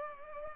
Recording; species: mosquito wingbeat signal from an infrared sensor; Culex pipiens